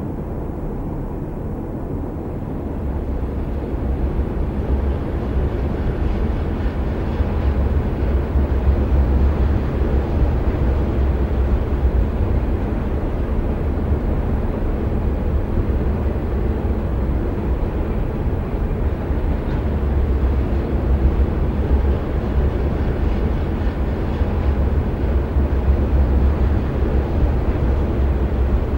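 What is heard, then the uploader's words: A train's deep, continuous rumble swells slightly in the first few seconds and then holds steady. The sound is dense and mostly low, with a heavy bottom and a rough, grainy wash above it that carries no clear breaks or separate events. The calming sound of a train passing in the near distance.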